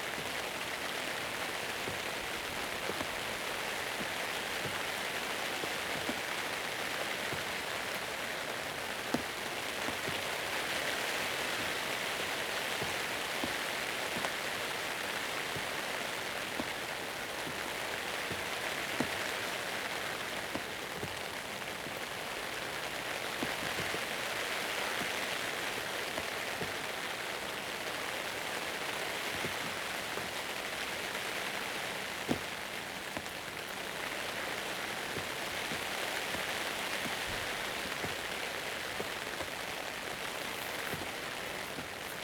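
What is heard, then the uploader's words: Rain patters steadily on a surface overhead, a dense, even hiss of drops with no letup across the whole stretch. Sharper individual drips tick out now and then, over a soft, constant wash that sits mostly in the upper range. The Damp Outside. Rain. By Murray's Monument & The Dark Outside's temporary radio transmitter on a particularly wet Sunday morning. Recorded beneath a dripping... gazebo, i guess?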